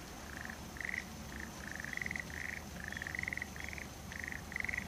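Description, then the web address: Frog giving brief buzzy croaks in a quick uneven run, roughly two to three each second, against a constant low rumble. "kanakana kaeru"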